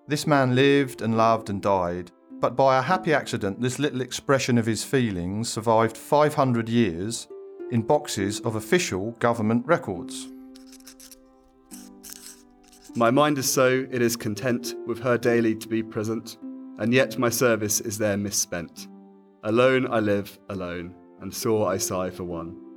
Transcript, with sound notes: This man lived and loved and died, but by a happy accident this little expression of his feelings survived 500 years in boxes of official government records.
[Sound of quill scratching] My mind is so, it is content With her daily to be present And yet my service is there mis-spent Alone I live, alone And sore I sigh for one